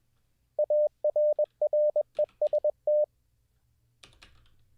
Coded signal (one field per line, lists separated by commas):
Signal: Morse code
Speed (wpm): 21 wpm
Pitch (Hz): 600 Hz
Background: none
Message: ARREST